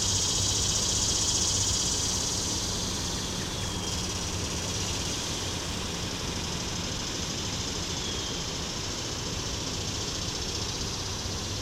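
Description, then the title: Swamp cicada buzzing song, a steady high hiss throughout, slightly louder in the first two seconds, over wind and a low traffic rumble. Neotibicen tibicen tibicen singing at 10:09 am on 10 July 2016 from shrubs beside a channelized stream in west Dyke Marsh; wind about 10 mph, distant traffic; parabolic dish, high-pass filtered, amplified. "Swamp Cicada aka Morning Cicada (Neotibicen tibicen tibicen)"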